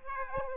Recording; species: mosquito wingbeat signal from an infrared sensor; Aedes aegypti